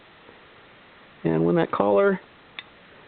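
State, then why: Seated. Someone talks as the fuel line connector of a Soto Muka OD-1NP liquid-fuel stove is inserted into the fuel bottle pump coupling and the spring collar is released. The collar pops back into place with a short tick at 2.6 s, locking the connector so the stove is set.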